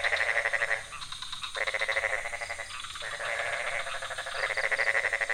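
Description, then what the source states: Frogs calling in long trains of rapid rattling croaks, interrupted by two short pauses. Several frog species calling at night in a pond near a hotel in Ubud, Bali, Indonesia; recorded with Sony PCM D50, Rode NT4 and boompole.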